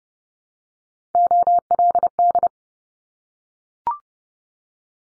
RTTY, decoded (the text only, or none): none